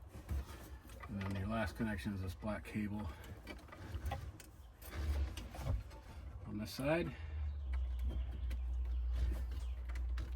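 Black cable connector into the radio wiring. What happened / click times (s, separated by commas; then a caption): The cable connector is being handled and has not clicked home yet / none. Someone talks while handling the last black cable connector on the head unit side, about to plug it into the radio wiring during a Heigh 10 install in a 2019 Jeep Wrangler 2-door Sport. Brief handling ticks and a low steady hum are heard, and the connector has not clicked or seated yet.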